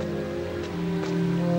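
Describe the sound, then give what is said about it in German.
Steady babbling of a forest brook runs throughout, with a couple of soft splashes as a girl sets a small boat, pulled out from behind a tree trunk, into the water, and a faint low hum underneath. “Hinter einem Baumstamm zieht sie ein kleines Boot hervor und lässt es am Bach ins Wasser.”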